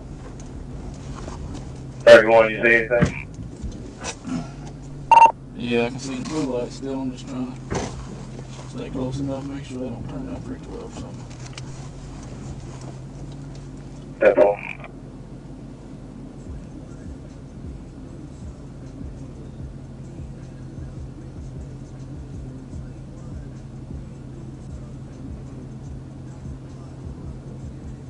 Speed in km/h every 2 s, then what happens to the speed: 0, 0, 0, 0, 0, 0, 0, 0, 0, 0, 0, 0, 0, 0.
0-28 standing.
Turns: none.